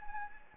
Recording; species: mosquito wingbeat signal from an infrared sensor; Anopheles gambiae